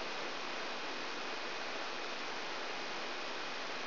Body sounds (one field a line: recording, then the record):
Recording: brain microelectrode recording played as sound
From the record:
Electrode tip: outside the subthalamic nucleus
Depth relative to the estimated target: 4 mm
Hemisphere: left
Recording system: AlphaMap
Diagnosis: Parkinson's disease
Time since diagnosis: 12 years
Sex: female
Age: 56 years